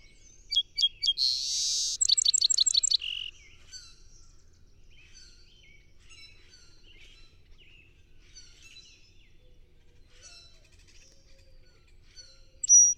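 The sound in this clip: Song sparrow song opens with quick repeated notes and a buzz, then a fast trill and low ending. Scattered faint bird chirps fill the rest, with a sharp note at the end.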